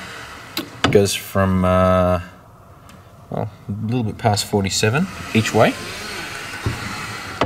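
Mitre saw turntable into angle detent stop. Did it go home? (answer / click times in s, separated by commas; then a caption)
yes / 7.4 s. The turntable of a Metabo KGS 18 LTX 216 sliding compound mitre saw is swung across its range while someone talks. At 7.4 s it drops into one of its preset angle detent stops with a sharp, positive metallic click, and the table is seated.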